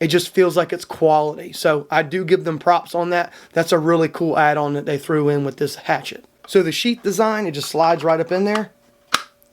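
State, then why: Seated. Someone talks while sliding the sheath of a Kova Blades Black Thorn hatchet up into its belt clip. A sharp snap at 9.2 s marks the sheath seating in the clip, locking in place so it does not come loose.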